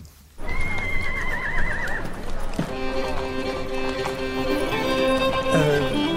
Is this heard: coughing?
no